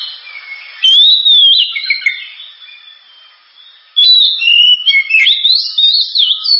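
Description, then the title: Oriental magpie-robin singing loud, varied whistles and slurred warbles, a strong phrase near the start, a quiet pause, then another bright burst of rapid notes. Sharp, very loud 'gacor' (constantly singing) kacer song, suited as 'pancingan', a lure to prompt other birds to sing. "Kacer Gacor Suara Tajam. Kacer Gacor Suara Super Kenceng Cocok untuk Pancingan"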